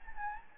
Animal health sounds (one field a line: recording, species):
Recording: mosquito wingbeat signal from an infrared sensor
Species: Anopheles gambiae